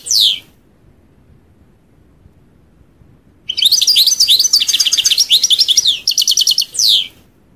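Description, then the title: European goldfinch delivering a fast jumble of twittering, chattering notes and quick repeated trills after a brief opening call and a long pause. "Chant Chardonneret"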